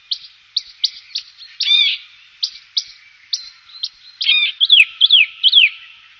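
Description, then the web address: Western rock nuthatch song: sharp high chips and short trilled bursts, ending in a run of loud, descending slurred whistles. "chant jean roche sittelle de neumayer"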